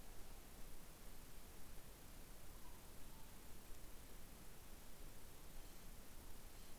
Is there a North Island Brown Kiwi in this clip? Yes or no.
no